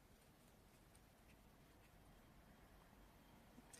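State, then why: Seated. An external lapel microphone for a 96GB digital voice-activated recorder is pushed into its small, slightly stiff plastic holder clip against a steady low background hiss. A faint tap comes at 1.0 s, and the louder snap at 3.7 s is the microphone clicking into place and seating in the clip.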